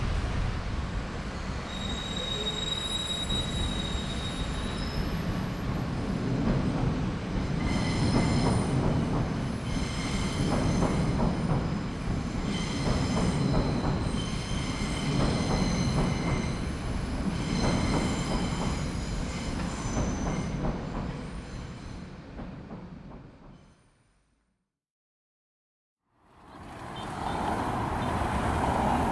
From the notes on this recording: the sound of traffic from five different cities - Accra, Beirut, Chicago, Copenhagen and London